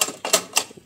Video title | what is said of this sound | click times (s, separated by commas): electric rice cooker repair | lock అయిద్ది | 0.6 s